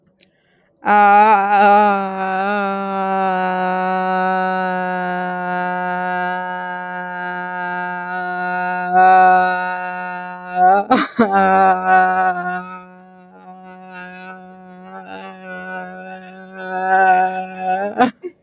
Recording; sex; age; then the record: vowel held as long as possible; female; 18 to 19 years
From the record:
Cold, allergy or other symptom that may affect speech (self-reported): no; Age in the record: 19 years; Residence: Kansas, United States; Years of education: 13